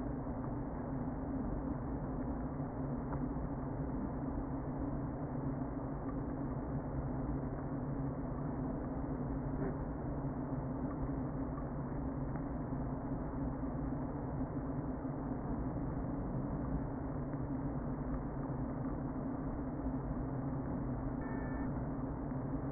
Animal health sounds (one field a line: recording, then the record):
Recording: honeybee colony, microphone inside the hive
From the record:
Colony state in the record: queen present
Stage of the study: before two queens were removed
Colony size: about 60,000 bees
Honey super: yes